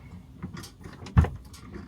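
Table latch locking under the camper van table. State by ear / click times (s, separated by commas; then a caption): seated / 1.2 s. After the leg is folded down, the first latch under the table of a vintage Japanese 4WD camper van is pushed into place, with a sharp latch click at 1.2 s standing out over faint handling knocks and rustles. The latch locks securely into place.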